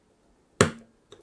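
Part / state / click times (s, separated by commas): CPU cooler plastic push pin in motherboard mounting hole / released / 0.6 s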